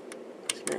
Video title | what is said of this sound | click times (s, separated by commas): Gateway 2000 SX 25 System Restoration | okay that that goes lines up snaps | 0.5 s, 0.7 s